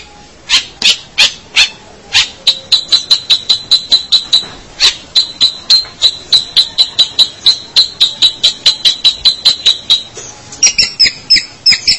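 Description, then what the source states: Long-tailed shrike song of sharp clicking ticks repeated rapidly with thin, steady high whistles laid over them, ending in brief high squeaky notes. Indonesian local name pentet; labelled 201703.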